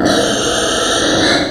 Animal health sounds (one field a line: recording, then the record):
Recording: squeal of a Yucatan mini pig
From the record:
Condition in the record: before surgery on the right vocal fold (resection and tissue-engineered implant)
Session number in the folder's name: 3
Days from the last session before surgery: 0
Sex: female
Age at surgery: 19 weeks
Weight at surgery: 25 kg